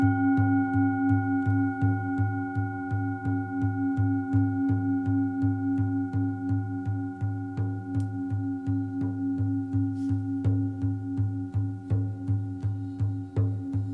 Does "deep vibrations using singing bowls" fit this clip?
yes